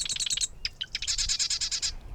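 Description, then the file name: Marsh wren song: two rapid, rattling high trills of evenly repeated notes, separated by a few short scratchy notes. Recorded in July 2011. "2011-07 Marsh Wrens"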